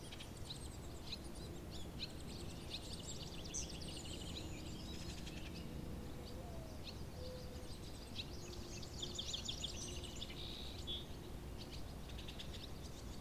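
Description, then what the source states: Barn swallow twitter, high scratchy chatter and short buzzy rattles coming in waves throughout, over steady low background rumble and a few soft low notes. Several barn swallows at a pond.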